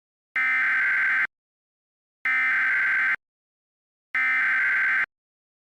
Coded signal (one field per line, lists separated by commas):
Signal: Emergency Alert System (SAME) tones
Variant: header bursts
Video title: EAS Mock: The Aftermath